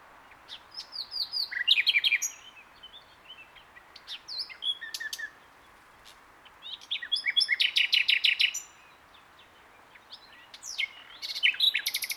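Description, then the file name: Common nightingale singing continuous varied phrases: slurred whistles, chattering bursts, buzzy trills and sharp repeated notes, with only short pauses. "Luscinia megarhynchos"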